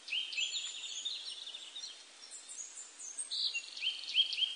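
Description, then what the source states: Willow tit song: a quick run of repeated plain whistled notes at the start and a short pair near the end, among a busy chorus of other high-pitched birds. Recorded 12 April 1998.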